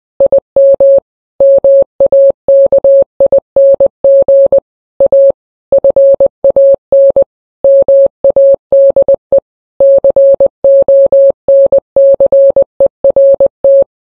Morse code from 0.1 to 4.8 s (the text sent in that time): IM MAKING